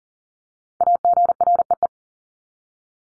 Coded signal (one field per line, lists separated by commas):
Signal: Morse code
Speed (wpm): 40 wpm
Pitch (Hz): 700 Hz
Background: none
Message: AGREE